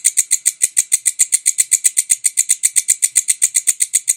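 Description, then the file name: Bush cricket calling in quick, sharp, high buzzy ticks, closely and evenly spaced, nothing else audible. "suara walang kecek"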